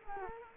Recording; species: mosquito wingbeat signal from an infrared sensor; Culex quinquefasciatus